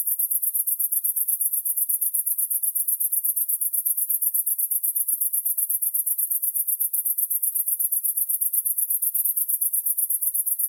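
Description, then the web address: Cricket chirping, a continuous high-pitched stream of quick, evenly spaced pulses running without a break. "best service Blue Box animals crickets 4"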